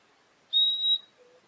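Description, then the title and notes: Purple-throated euphonia: one pure, level, high whistle of about half a second, followed by a faint low tone. Call (pio) of the species, known locally as fim-fim. "Euphonia chlorotica. Áudio do pio do fim-fim"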